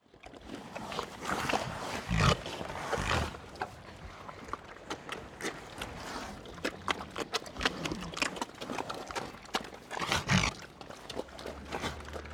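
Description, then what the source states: Pigs feeding as a herd: steady crunching and munching, broken by a few louder bursts. A herd of pigs eating.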